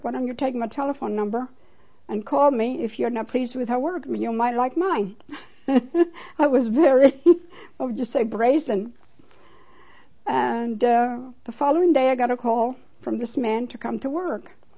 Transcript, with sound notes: Why don't you take my telephone number and call me if you're not pleased with her work? You might like mine." (She laughs.) I was very, what would say, brazen. And the following day I got a call from this man to come to work.